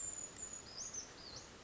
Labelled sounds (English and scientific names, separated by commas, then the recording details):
Brown Creeper (Certhia americana)
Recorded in Sonoma County, California